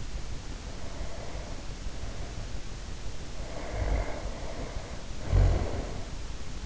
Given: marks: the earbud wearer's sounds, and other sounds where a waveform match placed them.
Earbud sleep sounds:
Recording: sounds in sleep by an in-ear microphone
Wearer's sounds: breath, snoring breath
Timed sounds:
0.39-2.60 s: breath
3.31-6.27 s: snoring breath

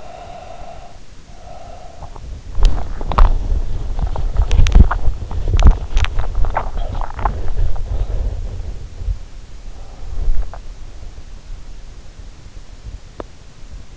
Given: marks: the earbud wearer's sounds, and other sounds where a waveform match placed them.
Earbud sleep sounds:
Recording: sounds in sleep by an in-ear microphone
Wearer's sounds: breath, body movement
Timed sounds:
0.00-2.44 s: breath
2.48-13.97 s: body movement

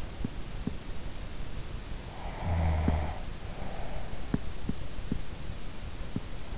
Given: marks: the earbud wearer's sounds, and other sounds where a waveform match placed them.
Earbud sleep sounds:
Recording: sounds in sleep by an in-ear microphone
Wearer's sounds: snoring breath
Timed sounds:
2.01-4.58 s: snoring breath

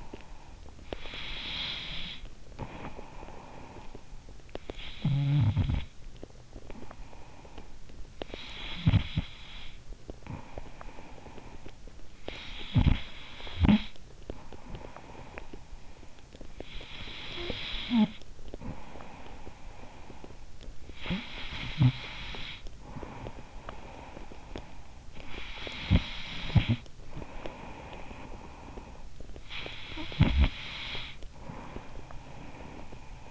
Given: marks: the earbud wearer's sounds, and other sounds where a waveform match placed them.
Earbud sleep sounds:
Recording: sounds in sleep by an in-ear microphone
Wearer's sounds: breath, snoring breath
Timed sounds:
0.00-4.73 s: breath
4.73-33.27 s: snoring breath

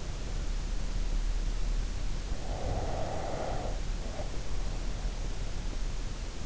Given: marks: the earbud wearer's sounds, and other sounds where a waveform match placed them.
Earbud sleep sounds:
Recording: sounds in sleep by an in-ear microphone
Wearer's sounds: breath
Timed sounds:
2.39-4.64 s: breath

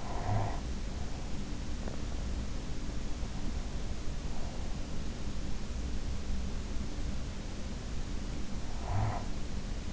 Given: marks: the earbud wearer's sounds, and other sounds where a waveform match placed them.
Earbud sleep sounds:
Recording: sounds in sleep by an in-ear microphone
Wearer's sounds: breath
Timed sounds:
0.00-0.57 s: breath
8.79-9.36 s: sound from someone else or the room

